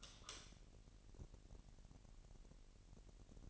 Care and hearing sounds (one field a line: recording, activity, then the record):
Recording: daily activity, microphone in the room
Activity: light on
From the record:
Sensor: 4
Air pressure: 1002.7 hPa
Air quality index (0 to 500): 249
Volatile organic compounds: 17 ppm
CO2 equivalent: 2589 ppm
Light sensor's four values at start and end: 6/14/5/6 and 7/16/6/6